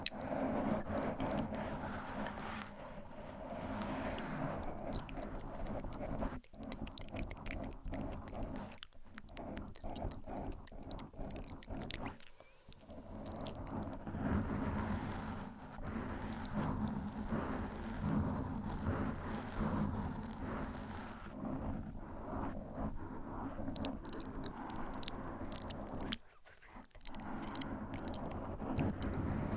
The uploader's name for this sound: Gentle Mic Scratching & Soft Inaudible Whispering